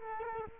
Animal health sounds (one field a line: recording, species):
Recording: mosquito wingbeat signal from an infrared sensor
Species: Culex quinquefasciatus